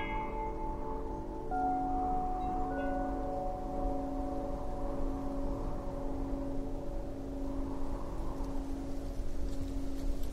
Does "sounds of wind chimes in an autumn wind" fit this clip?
yes